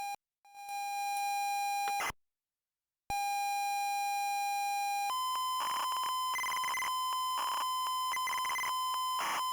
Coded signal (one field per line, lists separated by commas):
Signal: ZX Spectrum tape loading